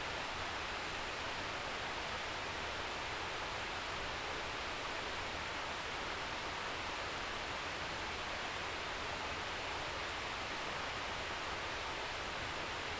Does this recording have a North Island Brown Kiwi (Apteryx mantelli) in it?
no